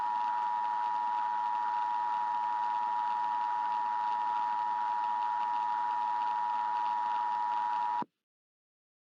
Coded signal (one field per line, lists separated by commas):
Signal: Emergency Alert System (SAME) tones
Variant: 853 and 960 Hz attention tone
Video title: EAS Scenario - Hypernado (Rescripted Version)